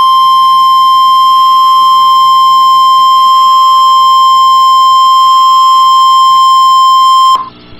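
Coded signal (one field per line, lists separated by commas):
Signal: Emergency Alert System (SAME) tones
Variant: 1050 Hz attention tone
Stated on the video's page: Real NOAA Weather Radio EAS severe thunderstorm warnings.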